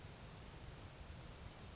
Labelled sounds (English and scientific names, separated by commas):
Grasshopper Sparrow (Ammodramus savannarum)